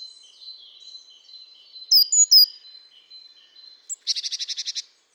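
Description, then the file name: Great tit calls: a few thin high notes near two seconds, then a fast buzzy churring rattle of several pulses; a faint steady high whistle runs underneath. "Parus major"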